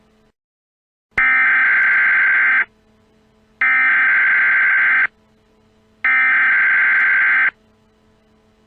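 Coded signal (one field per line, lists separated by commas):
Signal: Emergency Alert System (SAME) tones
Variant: header bursts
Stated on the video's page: Fictional EAS scenario about a chemical plant disaster; not a real alert.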